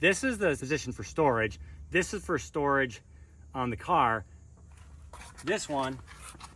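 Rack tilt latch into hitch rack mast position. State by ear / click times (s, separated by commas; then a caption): not seated / none. Someone talks while handling a hitch-mounted bike rack, tilting it toward the position on the mast where its metal tilt latch will engage for storage on the car. Speech fills the clip over a low background hum. Nothing has seated or clicked yet.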